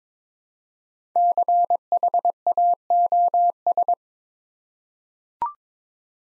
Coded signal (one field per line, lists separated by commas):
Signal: Morse code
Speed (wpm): 22 wpm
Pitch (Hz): 700 Hz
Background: none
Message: CHAOS